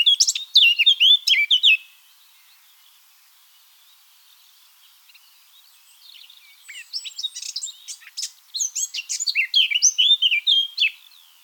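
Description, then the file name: Eurasian blackcap song, a rapid burst of warbling notes for about two seconds, a pause, then a longer, quieter run of twittering phrases. "Sylvia atricapilla"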